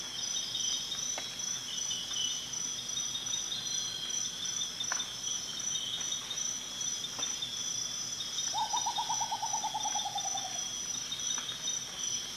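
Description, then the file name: Rufous potoo: a single rapid, descending phrase of hollow hooting notes near the end, backed by a constant high insect drone and occasional clicks. "Canto do urutau ferrugem"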